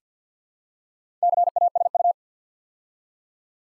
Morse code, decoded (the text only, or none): CASU